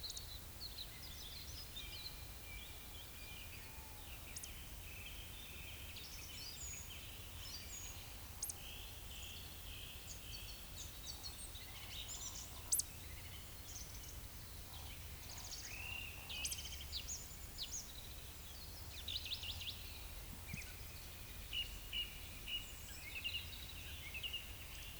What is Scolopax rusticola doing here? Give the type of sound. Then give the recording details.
whistle, croak. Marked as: whistle, whistle, croak, whistle, croak, whistle, croak, whistle, croak, whistle, whistle. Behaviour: display flight. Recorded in Baden-Württemberg, Germany, on 10 May 2021 at 19:19 UTC. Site 24606, 635 m above sea level